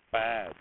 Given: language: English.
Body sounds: throat vibration sensor signal played as sound; speech

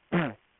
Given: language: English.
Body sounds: throat vibration sensor signal played as sound; throat clearing

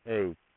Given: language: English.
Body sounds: throat vibration sensor signal played as sound; speech

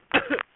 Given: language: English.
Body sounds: throat vibration sensor signal played as sound; cough

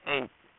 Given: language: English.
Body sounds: throat vibration sensor signal played as sound; speech

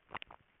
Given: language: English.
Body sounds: throat vibration sensor signal played as sound; swallow

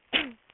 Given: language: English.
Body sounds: throat vibration sensor signal played as sound; cough

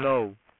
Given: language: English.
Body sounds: throat vibration sensor signal played as sound; speech

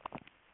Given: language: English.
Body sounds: throat vibration sensor signal played as sound; swallow

